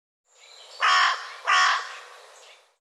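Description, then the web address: Bird giving two harsh, grating caws about two-thirds of a second apart, framed by fainter raspy trailing notes. "cianscape birddata Deverinetal 2025 File cleaned normalized Bird"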